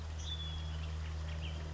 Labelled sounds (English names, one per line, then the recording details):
House Finch
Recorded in Sonoma County, California